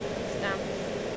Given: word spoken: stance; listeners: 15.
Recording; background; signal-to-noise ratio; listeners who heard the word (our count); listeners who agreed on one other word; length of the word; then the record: one English word in noise, from a listening test; speech-shaped noise; -5.3 dB; 0 of 15; 10 of 15; 0.77 s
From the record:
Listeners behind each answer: 10, 5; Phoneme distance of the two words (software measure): 20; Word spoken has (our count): 1 syllable, 5 phonemes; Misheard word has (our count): 1 syllable, 5 phonemes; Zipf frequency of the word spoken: 3.74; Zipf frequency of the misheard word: 4.20